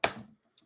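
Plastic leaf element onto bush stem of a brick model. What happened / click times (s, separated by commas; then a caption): The small plastic piece snapped onto its stem / 0.0 s. After some struggle, a plastic leaf element is pushed onto a bush stem of a brick model at a new angle and snaps on easily with a sharp, bright click at 0.0 s that rings briefly before fading. A faint tick follows at 0.6 s, and the leaf is seated.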